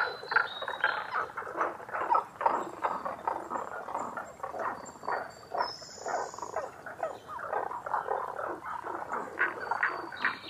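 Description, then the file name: Tago's brown frog croaking in a dense chorus of quick, rasping pulsed notes that rise and fall in loudness; a faint high whistle briefly midway. Recorded 11 June 2010 at 18:05. "tagogaeru-20100611-1805"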